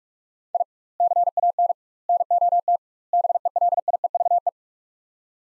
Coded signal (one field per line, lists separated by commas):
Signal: Morse code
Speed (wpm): 46 wpm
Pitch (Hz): 700 Hz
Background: none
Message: I CAN NOT BELIEVE